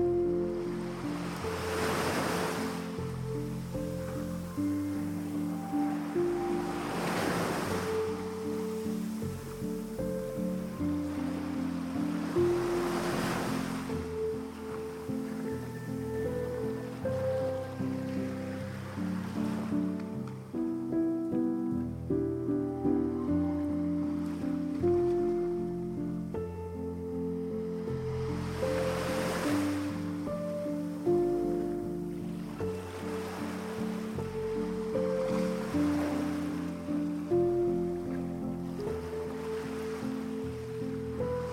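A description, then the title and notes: Waves wash in at a slow, regular pace, each surge rising and fading every six seconds or so, with a quieter lull around the twenty-second mark. Underneath, soft sustained music plays steady low chords and gentle mid-range tones throughout, keeping an even loudness. The sound of waves and relaxing music.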